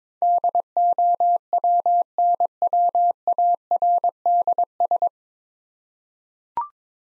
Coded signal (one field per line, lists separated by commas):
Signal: Morse code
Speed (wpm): 22 wpm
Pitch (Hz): 700 Hz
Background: none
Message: DOWNWARDS